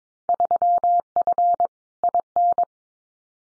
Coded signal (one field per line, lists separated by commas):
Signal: Morse code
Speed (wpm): 22 wpm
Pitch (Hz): 700 Hz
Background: none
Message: 3F IN